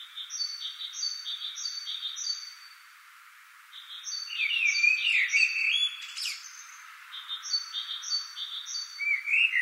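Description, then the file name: Common blackbird warbling a rich phrase that ends in a scratchy twitter, then starting another; high, thin repeated notes from a second bird run before and after. "Turdus merula"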